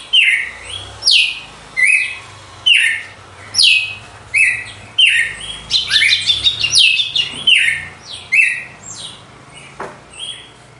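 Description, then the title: Red-cowled cardinal song: strong whistled phrases falling in pitch, repeated about every 0.8 seconds, with a short rapid trill midway. Female singing after the moult; contest (disputa) song. "Canto Galo Campina Fêmea 02. GALO DE CAMPINA DEPOIS DA MUDA (disputa)"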